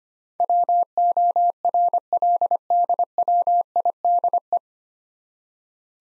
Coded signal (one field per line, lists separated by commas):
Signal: Morse code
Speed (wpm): 25 wpm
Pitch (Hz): 700 Hz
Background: none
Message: WORLDWIDE